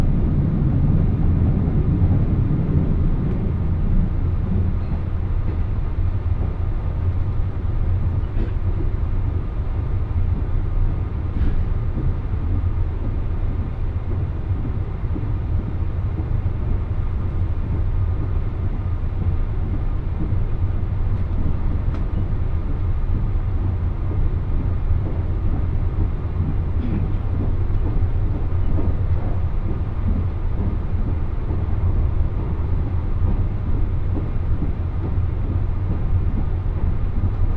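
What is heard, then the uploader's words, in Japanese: A constant low rumble from inside a limited express train, steady and dense throughout, with a low hum and rolling wheel noise. Faint brief clicks and ticks of the rails pass every few seconds, and the sound stays dull with little brightness. 伯備線 岡山→備中高梁 特急やくも3号。途中の停車駅は倉敷、備中高梁、新見と少ないです。列車は381系のパノラマグリーンタイプで、意外と乗っている人が多かったです。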